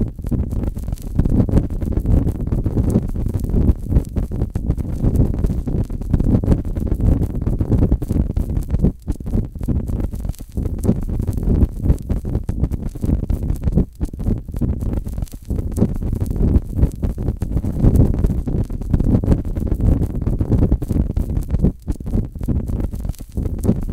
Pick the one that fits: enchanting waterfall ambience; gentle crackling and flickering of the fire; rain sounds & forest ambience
gentle crackling and flickering of the fire